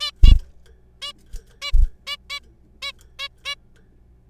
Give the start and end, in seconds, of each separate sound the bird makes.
0.01-0.11, 0.23-0.33, 1.02-1.12, 1.62-1.72, 2.07-2.17, 2.30-2.40, 2.82-2.92, 3.19-3.28, 3.45-3.55